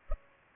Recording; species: mosquito wingbeat signal from an infrared sensor; Culex pipiens